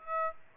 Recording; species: mosquito wingbeat signal from an infrared sensor; Aedes aegypti